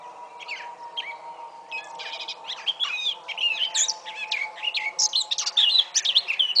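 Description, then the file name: Eurasian blackcap song: rapid warbled notes and whistles, chattering and varied, building throughout over a steady low hum. "Sylvia atricapilla"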